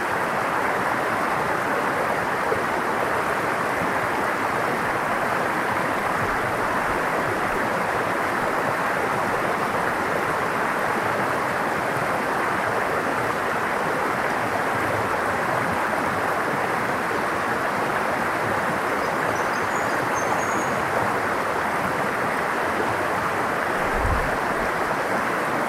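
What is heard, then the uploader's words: A river rushes over white water in a steady, dense roar that holds level for the whole stretch. The sound is full, strongest through the low and middle range with a softer hiss above, and a brief low thump near the end. Esperance River White Water, White Noise. The sounds of Esperance River in southern Tasmania.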